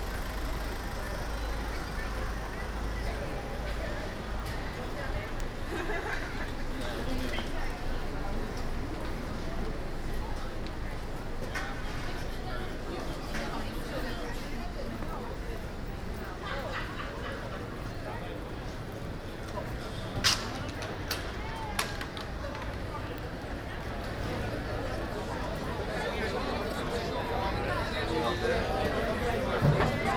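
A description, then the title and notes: A walk through a busy city square, with a steady wash of overlapping voices and chatter. Low traffic rumble runs underneath throughout, and sharp clicks and knocks punctuate the scene, clustering around twenty to twenty-two seconds and again near the end. A walk through the city - part 3 The Hague. Recordings made with a Zoom H2 with extra SP-TFB-2 binaural microphones during the Queensnight ('Koninginnenach') in The Hague. Cafe's at de Grote markt.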